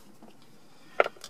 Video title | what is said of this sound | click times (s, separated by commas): Add Factory Navigation to MyFord Touch - 2013 - 2015 Ford Taurus | it into the card slot till it clicks and locks in with | 1.0 s